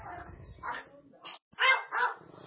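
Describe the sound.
A dog lets out several sharp, loud barks in quick, uneven bursts, with a low murmur of voices running underneath between them.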